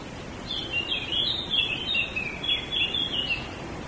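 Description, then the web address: Bird song, a continuous high twittering warble of quick chirps rising and falling without pause, over faint hiss. Small birds in a wood. "bosco Uccellini bosco e moscone"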